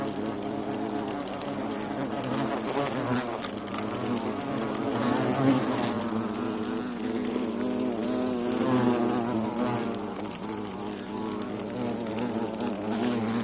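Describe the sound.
European hornet buzz, a dense low drone with wavering harmonics, holding steadily for the whole stretch and swelling a little now and then.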